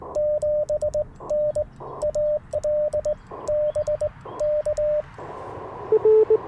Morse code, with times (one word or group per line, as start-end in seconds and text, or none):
0.2-1.6 7N
2.0-3.1 AL
3.5-4.1 B
4.4-5.0 K